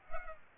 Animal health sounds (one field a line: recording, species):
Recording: mosquito wingbeat signal from an infrared sensor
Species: Culex pipiens